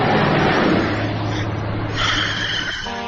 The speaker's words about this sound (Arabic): وهي في الطريق لاحظت أن السيارة السوداء تلاحقها، وكلما كانت تبتعد عن الأماكن التي تكثر فيها الحركة كانت السيارة السوداء تقترب أكثر. ثم في لحظة في مكان شبه خال من المرة تجاوزتها تلك السيارة.